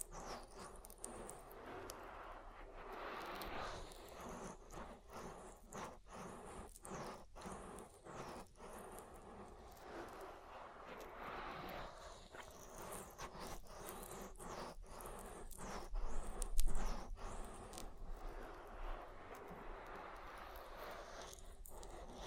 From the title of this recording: ASMR Oil Ear Massage